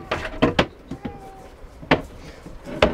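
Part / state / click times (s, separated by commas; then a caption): partition wall panel into camper van interior mount / partly seated / 1.9 s, 2.8 s. A partition wall panel is pushed into its mount inside a 2021 Pilote V540G camper van built on a Fiat Ducato 2021, producing a series of knocks and clacks. There are sharp clicks at 1.9 s and 2.8 s, but the panel ends up not fully seated on one side.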